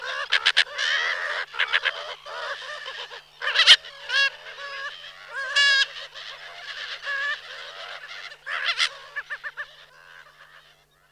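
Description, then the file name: Slender-billed gulls giving nasal, wavering calls and brief sharp yelps in a busy, uneven chorus that fades toward the end. "Racek tenkozoby Chroicocephalus genei"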